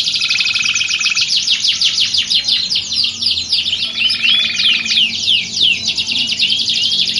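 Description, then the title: Canary song, rapid repeated trills interspersed with bright downslurred whistles, sustained without pause. Belgian canary; warm-up song used for singing contest training, simulating a contest to train a champion canary's mentality. "Canto Para Esquentar Canário Belga. Simulasi Lomba Kenari. Suara Kenari Lomba. Melatih Mental Kenari Juara"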